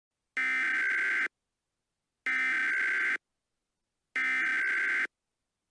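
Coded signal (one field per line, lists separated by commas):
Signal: Emergency Alert System (SAME) tones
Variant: header bursts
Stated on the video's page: Mock EAS scenario, fictional alert about giant Easter bunnies; not a real alert.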